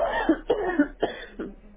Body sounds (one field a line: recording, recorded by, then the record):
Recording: voluntary cough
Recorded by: telephone call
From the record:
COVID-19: positive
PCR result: checked with the laboratory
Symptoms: yes